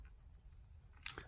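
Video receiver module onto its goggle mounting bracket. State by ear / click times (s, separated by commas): seated / 1.1 s, 1.2 s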